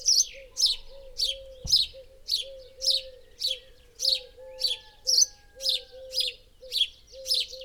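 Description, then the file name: House sparrow chirping in a steady, repeated series of bright notes about twice a second, with a low whine and a brief thump early on. "Passer domesticus"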